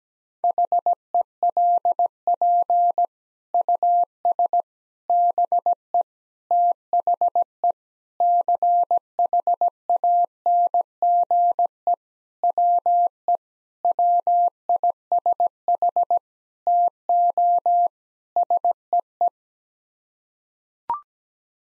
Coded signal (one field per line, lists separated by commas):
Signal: Morse code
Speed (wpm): 17 wpm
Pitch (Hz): 700 Hz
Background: none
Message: HELP US BE THE CHANGE WE WISH TO SEE